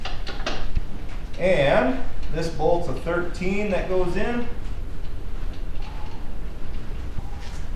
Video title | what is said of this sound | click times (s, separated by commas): Jeep CRD Serpentine Belt Tensioner Replacement 2.8L Turbo Diesel | and then you'll feel it lock into place | 0.0 s, 0.5 s